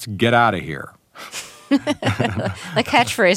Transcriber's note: soundbite of laughter